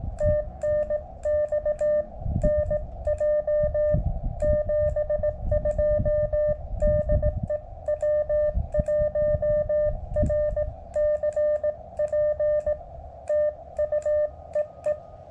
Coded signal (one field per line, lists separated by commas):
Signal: Morse code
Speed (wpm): 17 wpm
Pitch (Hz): 600 Hz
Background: music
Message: TNX NJ 72 DE W1RCP TU EE